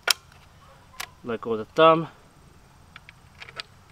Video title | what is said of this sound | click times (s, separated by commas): Ravin R26 Crossbow - How to Sight In - Bonus Round at 90 Yards!!! | the button again this track system is going to come down and you're going to push it all the way until it clicks | 0.1 s